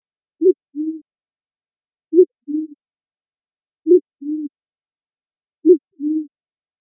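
Band-tailed pigeon cooing: four deep paired hoots, each a brief note followed by a longer, lower one, evenly spaced nearly two seconds apart.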